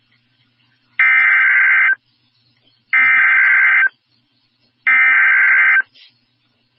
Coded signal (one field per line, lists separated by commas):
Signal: Emergency Alert System (SAME) tones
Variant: header bursts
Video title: EAS Shelter In Place Warning Evacuation Immediate and Fire Warning Alerts for Historic TX Wildfires